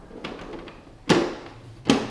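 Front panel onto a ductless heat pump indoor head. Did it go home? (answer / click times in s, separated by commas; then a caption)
yes / 1.1 s, 1.9 s. The plastic front panel of a ductless heat pump indoor head is lowered and pressed closed, with a couple of light taps early on. It pops into place with sharp clicks at 1.1 s and 1.9 s, and the panel is seated.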